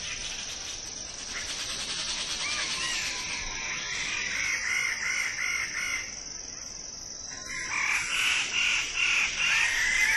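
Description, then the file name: Wallace's standardwing giving series of harsh, rapidly repeated notes in two bouts, with a steady high drone throughout. "suara burung bidadari"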